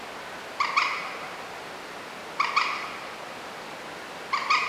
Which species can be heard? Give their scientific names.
Gallinula chloropus